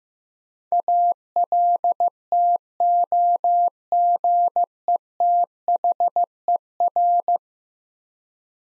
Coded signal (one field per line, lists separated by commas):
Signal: Morse code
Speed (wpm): 16 wpm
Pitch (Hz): 700 Hz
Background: none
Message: ALTOGETHER